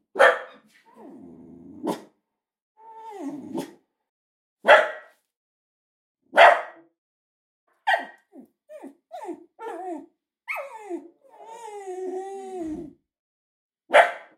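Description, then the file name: Dog giving sharp barks mixed with wavering whines and short yelps, with a long drawn-out whimper before a final bark. "sobaka laet i skulit"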